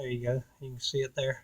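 A wiring harness electrical plug is being handled as it goes back onto a new oil pressure sending unit on a 2014 F150 5.0 liter, its locking tooth lining up with the slot on the sensor, while someone talks. Nothing has seated or clicked yet.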